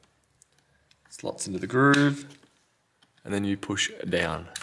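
A 16 GB RAM stick is slotted into the groove of a SO-DIMM slot in a 2017 Acer Helios 300 laptop, with a few faint ticks of handling before and between the speech while someone talks. Nothing has seated or clicked yet; the stick has not been pushed down for the two side retention clips to snap over it.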